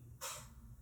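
A single sharp, hissing burst of about a quarter second, followed by quiet, over a steady low household hum. This is one sneeze from Lux, a female cat, part of a run of repeated sneezes.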